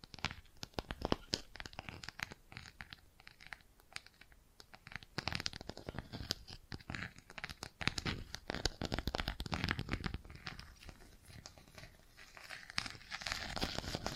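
Bracelets and jewelry boxes rustle and clatter in dense, irregular bursts of crinkly scraping and clicks, busier after about five seconds.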